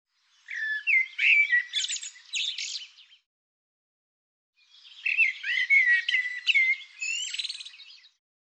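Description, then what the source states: Bird singing two phrases about three seconds long, each a busy mix of slurred whistles, chirps and buzzy notes, with a short silence between them. Bird labelled "Tu Me".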